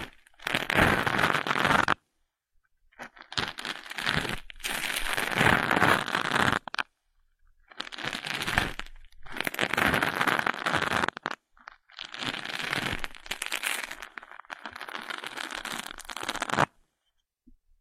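Ear picking and ear massage make dense, scratchy crackling and rubbing noises that come in bursts of one to three seconds. Each bursts fills the range from low to very bright, then stops abruptly into near silence. About six bursts occur, separated by short pauses.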